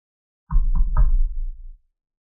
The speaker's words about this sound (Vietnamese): Cánh cửa đã mở sẵn, ông vẫn gõ 3 tiếng.